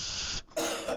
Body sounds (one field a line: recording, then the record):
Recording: coughing mixed with background sound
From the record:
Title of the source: Cough Around the Clock!